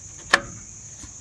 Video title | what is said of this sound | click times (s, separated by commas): How to test and replace a leak detection pump (LDP) on a Ram 1500 p0456 p0440 | real simple and you'll hear it click | 0.3 s